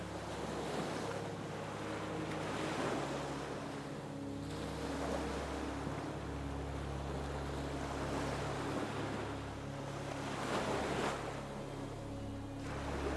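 Waves wash in steady, rolling surges every few seconds, beneath soft music of low, sustained tones that hum evenly throughout.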